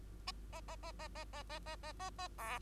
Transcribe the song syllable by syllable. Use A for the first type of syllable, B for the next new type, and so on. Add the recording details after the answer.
A A A A A A A A A A A A B. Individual Bird2